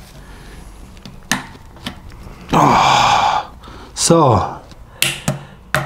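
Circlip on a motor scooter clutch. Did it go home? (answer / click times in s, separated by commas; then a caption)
partly / 5.8 s. A tight steel circlip is pressed onto the clutch assembly of a Vespa PX 177cc motor scooter engine being rebuilt after engine damage, while someone talks. Sharp metallic snaps sound around 1.3 s and 5.0 s, then a loud click at 5.8 s. The ring has clicked but is not yet fully seated in its groove.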